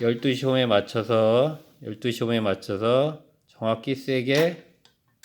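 A butane gas canister is lined up with its notch at the 12 o'clock position for the magnetic coupling of a portable gas stove (models NGH-1201, NGH-1300, SGH-101, SGH-201) while someone talks. Two faint ticks come near 4.9 s and 5.2 s as the canister is handled. The canister has not snapped onto the magnetic holder, and nothing has seated yet.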